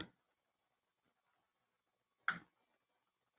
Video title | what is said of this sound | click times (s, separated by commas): Let's Build Star Trek the Next Generation's U.S.S Enterprise NCC-1701-D by Fanhome Stages 1 & 2 | snaps right in that | 2.3 s